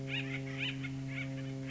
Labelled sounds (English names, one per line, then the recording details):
Acorn Woodpecker
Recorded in Sonoma County, California